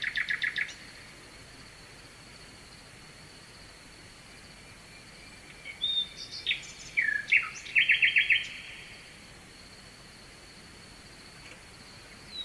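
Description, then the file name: Nightingale singing: a brief rapid trill, a long pause, then varied whistles and a dense burst of fast repeated notes, against a continuous hiss of a stream. Nightingale singing at night with a distant stream, recorded at Kovachevitsa, Bulgaria. "Noshten slavej i dalechen potok (s Kovachevica)"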